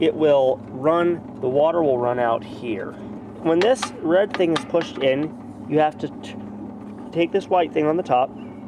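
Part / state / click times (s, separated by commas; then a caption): wringer head lock lever into its locked position on the washer / not seated / none. Someone talks while handling the white lock lever on top of the wringer head of a 1957 wringer washer, readying it to pull over into its locked position on the washer. A low steady hum runs beneath the speech. The lever has not clicked or locked in place yet.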